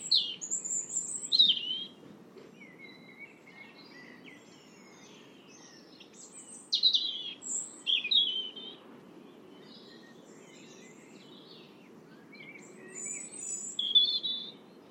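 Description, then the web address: European robin singing thin, high, varied warbling phrases in three bursts separated by pauses of a few seconds, over a steady low background hiss. "Deverinetal 2025 Bird Only Er Ru"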